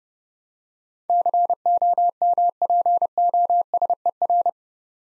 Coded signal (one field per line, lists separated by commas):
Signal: Morse code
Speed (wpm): 30 wpm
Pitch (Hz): 700 Hz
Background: none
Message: COMPOSER